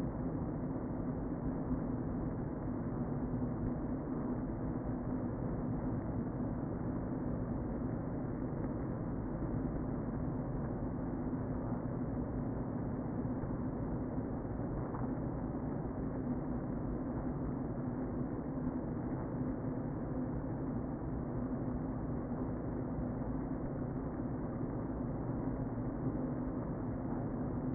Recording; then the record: honeybee colony, microphone inside the hive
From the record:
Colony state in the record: queen present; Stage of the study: before two queens were removed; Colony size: about 60,000 bees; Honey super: yes